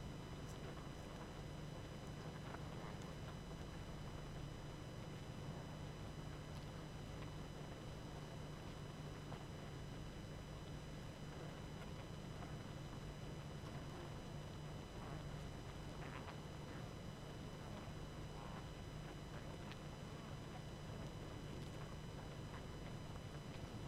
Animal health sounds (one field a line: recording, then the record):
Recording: honeybee colony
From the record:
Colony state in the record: active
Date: 12 June 2018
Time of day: 21:08